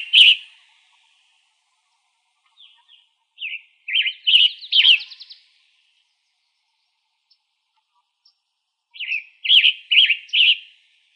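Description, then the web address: Western tanager singing hoarse, burry short phrases separated by pauses. Arizona, 1 May 2005. "Tanagers WETA 050501"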